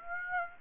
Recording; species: mosquito wingbeat signal from an infrared sensor; Aedes aegypti